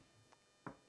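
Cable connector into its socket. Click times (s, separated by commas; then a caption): 0.7 s. A cable connector that had not been fully seated is pushed into its socket during an i9 11900K and RX 7700XT gaming PC build. After a faint tick, one sharp click sounds at 0.7 s. The connector is now pushed fully home and seated.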